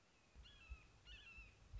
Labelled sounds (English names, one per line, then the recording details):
Red-shouldered Hawk
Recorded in Sonoma County, California